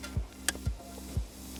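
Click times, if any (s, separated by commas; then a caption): 0.5 s. A tight gray plastic harness connector is pushed gently into the body module of a key-ignition 2019–2021 Kia Forte / Cerato during a remote engine starter installation. It latches with a sharp, distinct click at 0.5 s, over a steady low hum and soft thumps recurring about every half second, with another brief snap at 1.7 s. The connector is now fully seated; at first it only seemed fully in, and a connector left partly in would cause problems.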